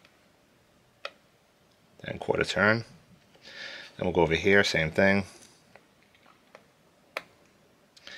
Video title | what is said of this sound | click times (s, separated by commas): Thermalright - LGA Bracket - Install | there it is that click means it's seated so we'll do quarter turn | 7.2 s